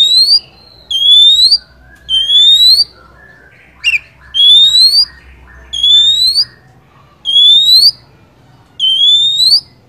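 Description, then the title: Oriental magpie-robin song: clear rising whistles repeated about every one and a half seconds, with one brief harsh note between them and faint background hiss. First-place champion (juara 1) song, used to tutor other songbirds (masteran). "Masteran Kacer Juara"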